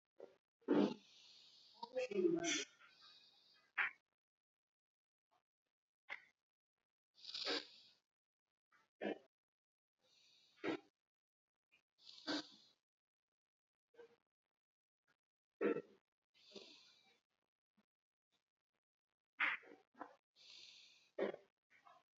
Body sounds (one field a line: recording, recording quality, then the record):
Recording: deep breathing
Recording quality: moderate, slight background noise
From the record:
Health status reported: exposed to COVID-19, no respiratory illness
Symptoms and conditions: cough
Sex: female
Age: 41 years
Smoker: no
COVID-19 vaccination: both doses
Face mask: not worn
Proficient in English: yes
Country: India